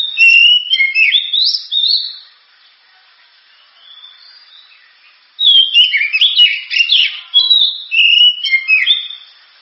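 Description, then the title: Oriental magpie-robin song in two loud bursts of rich, varied whistles and quick slurred notes, separated by a quiet pause of about three seconds. Champion bird's song. "Kicau Burung Kacer Juara"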